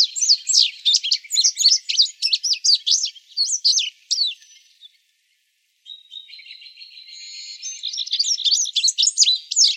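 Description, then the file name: Indigo bunting song: rapid bright paired notes for about four seconds, a pause, then a fainter buzzy start building into another quick run of high chirped phrases. Arizona, 24 May 2008. "INBU 6 B deviche"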